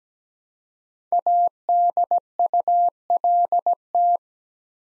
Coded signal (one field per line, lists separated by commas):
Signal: Morse code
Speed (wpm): 17 wpm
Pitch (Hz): 700 Hz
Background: none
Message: ADULT